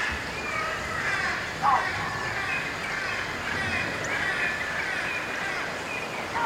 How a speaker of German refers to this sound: Und Vögel, ganze Armeen von Vögeln, die nach Fischen tauchen. Pelikane, Silberreiher, Marabus. Auf den Bäumen aber in den überschwemmten Wäldern Affen und Schwärme bunter Papageien.